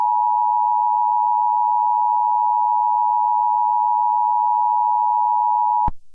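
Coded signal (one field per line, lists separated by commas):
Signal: Emergency Alert System (SAME) tones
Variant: 853 and 960 Hz attention tone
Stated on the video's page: Fictional EAS scenario, simulated alert.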